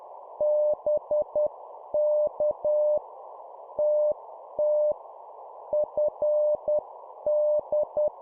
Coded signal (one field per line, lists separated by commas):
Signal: Morse code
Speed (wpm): 10 wpm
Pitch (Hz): 600 Hz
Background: none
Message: BK TT FD